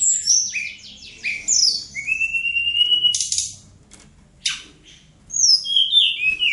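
Bird song with stuttering trilled notes, a long rising then level whistle, harsh bursts, and closing high downslurred phrases.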